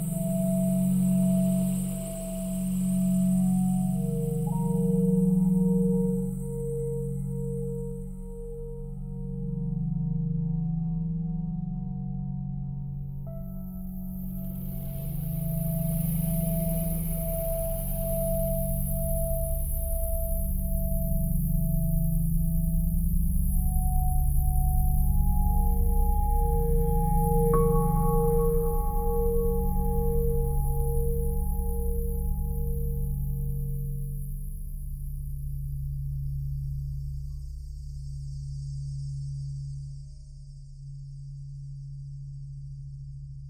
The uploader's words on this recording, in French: Ces vases, généralement utilisés pour la méditation ou la musicothérapie, produisent un son très rapproché de l'onde sinusoïdale. Un orchestre de vaisseaux de cristal de quartz.